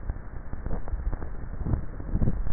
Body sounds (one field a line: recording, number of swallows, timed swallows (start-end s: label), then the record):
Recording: swallowing sounds by neck microphone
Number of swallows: 1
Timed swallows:
0.69-1.43 s: swallow
From the record:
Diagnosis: dysphagia